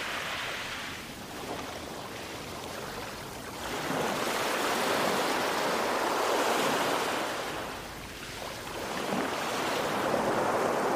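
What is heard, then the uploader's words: Ocean waves wash in a steady, dense hiss, swelling louder around four seconds and again near nine seconds before easing back. The surf sounds fairly bright, with a faint low rumble of wind underneath. Ocean Sounds For Meditation, Sleep, Focus Or Stress Relief.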